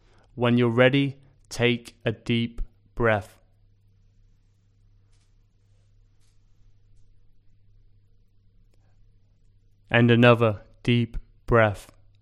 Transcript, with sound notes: When you're ready, take a deep breath... [Pause 5 seconds] And another deep breath...